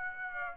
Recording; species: mosquito wingbeat signal from an infrared sensor; Aedes aegypti